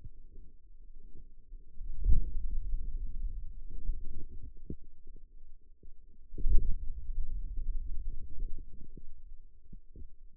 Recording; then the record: forearm muscle sounds (acoustic myography)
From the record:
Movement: hand closing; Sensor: system 2, bracelet of six BSWA MPA416 microphones around the upper forearm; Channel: 2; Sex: male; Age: 22 years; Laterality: right